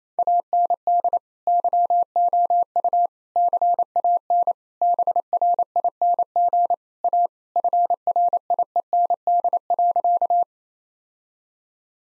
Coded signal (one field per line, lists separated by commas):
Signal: Morse code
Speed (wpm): 28 wpm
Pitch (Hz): 700 Hz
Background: none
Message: AND YOU CAN BRING A FRIEND.